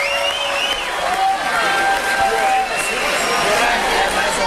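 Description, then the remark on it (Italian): A concert crowd applauds steadily at the end of a show, a dense wash of clapping with scattered cheers and whistles rising above it. “come l'altro giorno che ho fatto ascoltare questo, il momento finale di un concerto, gli applausi, le sensazioni belle dopo una, due, tre ore di concerto.”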